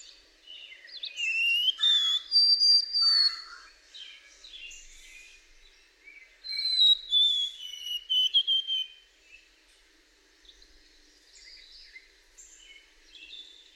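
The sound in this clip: White-throated sparrow song with pure high whistles, one held steady then sliding down, a later descending whistled run, amid a busy chorus of other birds' chirps.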